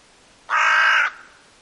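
Hooded crow giving a single harsh, hoarse caw lasting about half a second, flat in pitch, in an otherwise quiet background.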